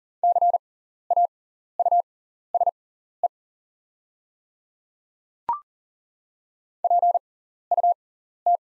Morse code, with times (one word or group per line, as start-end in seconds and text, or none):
0.2-3.3 CAUSE
6.8-8.6 PUT